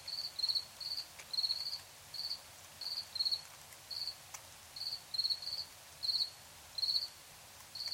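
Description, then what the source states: Cricket chirping in quick high pulsed bursts, with a few faint clicks in the background. Crickets chirping at night in Tiny, Ontario.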